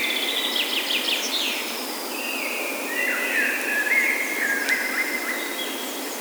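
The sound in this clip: Bird voice in quick warbling phrases, then level whistled notes repeated several times, under a loud continuous hiss.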